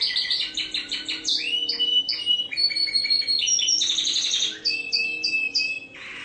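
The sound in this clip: Bird song: a dense, energetic mix of fast chirps, slurred whistles and rattling buzzy trills, nearly nonstop.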